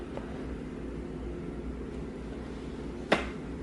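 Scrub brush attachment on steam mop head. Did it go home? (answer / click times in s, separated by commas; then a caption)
released / 3.1 s. The lowered scrub-brush attachment on the head of a plastic Bissell PowerFresh Lift-Off Pet Steam Mop is pressed with the toes after scrubbing, over a steady low hum with a faint tick near 0.2 s. A sharp click sounds at 3.1 s as the brush releases and springs back up.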